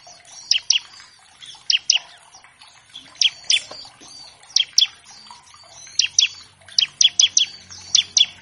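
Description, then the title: Bar-winged prinia gives sharp, high chips, mostly in pairs and once in a quick run, at irregular intervals over faint chatter. Energetic (gacor) bar-winged prinia in a master track used to tutor captive birds of all kinds; used as a lure to make untrained prinias start singing quickly. "Masteran Ciblek Gacor Vs Kenari Gacor Untuk Masteran Semua Jenis Burung. Pancingan Ciblek bahan agar cepat bunyi. Burung Ciblek"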